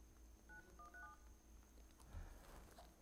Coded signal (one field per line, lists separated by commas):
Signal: DTMF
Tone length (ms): 90 ms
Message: 9137